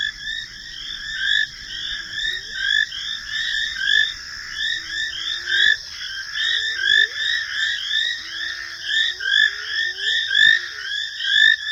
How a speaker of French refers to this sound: Ah, c'est des petites grenouilles, hein, des grenouilles peintes. Et puis on entend les hyènes derrière.